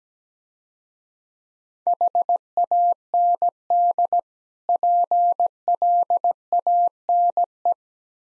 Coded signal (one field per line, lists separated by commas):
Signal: Morse code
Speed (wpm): 17 wpm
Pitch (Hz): 700 Hz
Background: none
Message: HAND PLANE